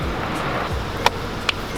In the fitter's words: You gotta hear the click.